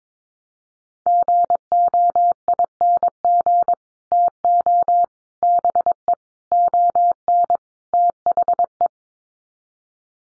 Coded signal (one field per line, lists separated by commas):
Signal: Morse code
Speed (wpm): 22 wpm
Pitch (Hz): 700 Hz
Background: none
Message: GOING TO BE ON THE